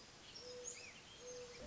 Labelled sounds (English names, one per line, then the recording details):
Mourning Dove
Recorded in Sonoma County, California